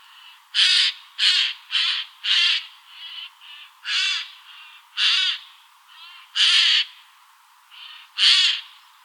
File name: Garrulus glandarius